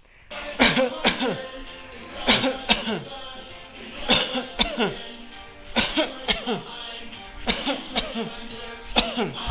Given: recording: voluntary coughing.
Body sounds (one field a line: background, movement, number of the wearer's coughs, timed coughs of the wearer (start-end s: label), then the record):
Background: music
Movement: walking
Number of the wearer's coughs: 11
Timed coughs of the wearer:
0.57-1.02 s: cough
1.02-1.55 s: cough
2.25-2.66 s: cough
2.66-3.13 s: cough
4.06-4.49 s: cough
4.57-4.98 s: cough
5.74-6.17 s: cough
6.26-6.60 s: cough
7.45-7.84 s: cough
7.95-8.31 s: cough
8.94-9.31 s: cough
From the record:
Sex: male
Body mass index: 20.6 kg/m2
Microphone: on the chest, facing the body